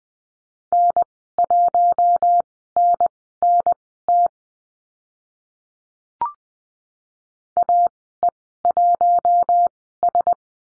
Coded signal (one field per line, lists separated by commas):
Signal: Morse code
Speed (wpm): 20 wpm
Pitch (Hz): 700 Hz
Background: none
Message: N1NNT AE1S